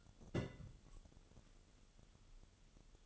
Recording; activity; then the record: daily activity, microphone in the room; place on stove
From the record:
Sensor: 4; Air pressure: 1008.9 hPa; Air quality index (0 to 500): 133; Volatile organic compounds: 1 ppm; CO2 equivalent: 966 ppm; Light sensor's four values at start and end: 11/25/10/9 and 11/25/10/9